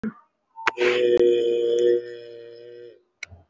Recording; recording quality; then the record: sustained vowel as in made; excellent, no background noise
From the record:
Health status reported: respiratory illness, not identified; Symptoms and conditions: chronic lung disease, diabetes, ischaemic heart disease, another condition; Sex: male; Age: 72 years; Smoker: yes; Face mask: worn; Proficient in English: no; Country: India